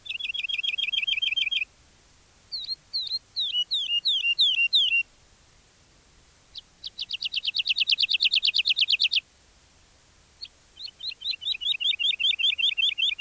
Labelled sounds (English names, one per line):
Wood Lark